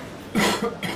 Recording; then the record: coughing mixed with background sound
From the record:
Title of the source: Man Coughing Sound - Wet Cough Sound Effect